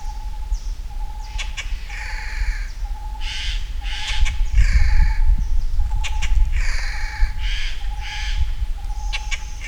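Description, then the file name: Eurasian jay uttering a series of raspy, screeching calls at irregular intervals, alongside a faint steady mid-pitched tone and low rumbling noise. "Garrulus glandarius"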